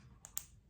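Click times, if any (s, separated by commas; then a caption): 0.2 s, 0.4 s. Someone presses a plastic reusable ProClick-type binding spine, a cross between a binder and a spiral coil, shut over punched paper sheets. Its plastic loops snap together with two short, sharp clicks at 0.3 s and 0.4 s, the second one louder, and the spine is closed and seated.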